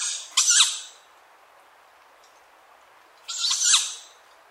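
Tawny owl making two raspy, hissing wheezes about three seconds apart, each rising slightly in strength before fading.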